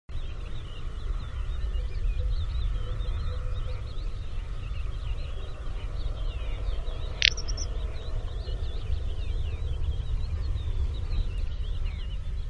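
Little bustard snort, a brief sharp raspy blurt around seven seconds, set against busy song from many small birds and continuous low-pitched background noise.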